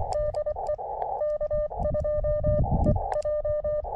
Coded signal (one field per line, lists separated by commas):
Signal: Morse code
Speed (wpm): 24 wpm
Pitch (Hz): 590 Hz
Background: none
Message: DE K2EJ